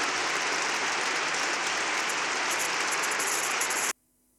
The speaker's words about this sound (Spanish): Yo lo quiero al intendente. Vamos a aplausos para él. A la gente le gusta.